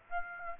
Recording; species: mosquito wingbeat signal from an infrared sensor; Aedes aegypti